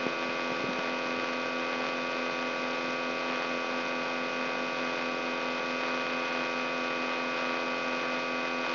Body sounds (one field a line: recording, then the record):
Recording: brain microelectrode recording played as sound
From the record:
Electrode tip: inside the subthalamic nucleus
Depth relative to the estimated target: -4 mm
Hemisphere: left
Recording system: AlphaMap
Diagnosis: Parkinson's disease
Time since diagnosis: 17 years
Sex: male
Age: 64 years